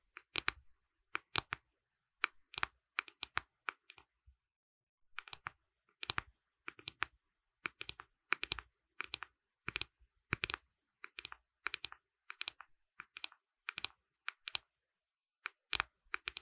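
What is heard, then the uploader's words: Makeup tapping: sharp, bright clicks come in quick pairs and clusters, with a short pause near four seconds, then steady irregular taps over silence. ASMR 美妝用品敲擊聲 | Makeup Tapping | NO Talking.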